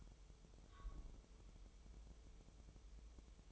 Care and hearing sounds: daily activity, microphone in the room; take from stove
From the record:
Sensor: 1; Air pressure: 988.4 hPa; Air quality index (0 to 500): 201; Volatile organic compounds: 1000 ppm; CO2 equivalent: 5378 ppm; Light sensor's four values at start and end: 27/98/37/39 and 27/98/37/39

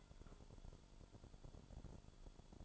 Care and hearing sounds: daily activity, microphone in the room; take from stove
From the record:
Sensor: 5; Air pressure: 1008.0 hPa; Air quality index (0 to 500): 108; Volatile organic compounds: 1 ppm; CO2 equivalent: 841 ppm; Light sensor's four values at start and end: 28/58/25/26 and 27/57/25/26

